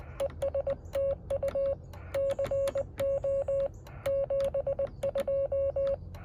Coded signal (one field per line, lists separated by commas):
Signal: Morse code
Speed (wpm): 20 wpm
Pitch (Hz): 560 Hz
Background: none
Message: ES TU CO 72